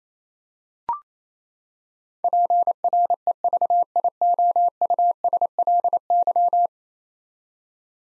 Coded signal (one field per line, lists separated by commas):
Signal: Morse code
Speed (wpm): 28 wpm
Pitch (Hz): 700 Hz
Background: none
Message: PREVIOUSLY